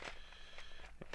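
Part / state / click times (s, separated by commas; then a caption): foam dart magazine into blaster magazine well / not seated / none. A modified foam-dart magazine is pushed into a blaster's magazine well, making two faint plastic knocks at about 1.0 s and 1.1 s over a low background hum. The magazine does not lock in; nothing has latched or clicked.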